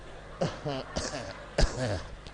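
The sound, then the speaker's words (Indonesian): A voice imitates a series of deliberate, staged coughs and throat clearings, three sharp bursts each trailing into a voiced, pitched grunt, spaced evenly and moderately loud. “Batuk pun diatur.”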